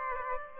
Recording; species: mosquito wingbeat signal from an infrared sensor; Aedes aegypti